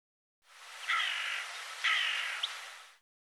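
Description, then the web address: Bird giving two harsh, raspy calls about a second apart, followed by a brief high chirp, over steady hissing background noise. "cianscape birddata Deverinetal 2025 Bird"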